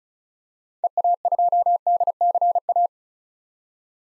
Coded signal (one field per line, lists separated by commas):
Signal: Morse code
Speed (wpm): 36 wpm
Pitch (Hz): 700 Hz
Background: none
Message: EA2DCA